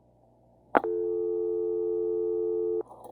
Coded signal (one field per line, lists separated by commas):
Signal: telephone call progress tone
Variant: North America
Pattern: dial tone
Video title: 1977 Western Electric Model 500 Telephone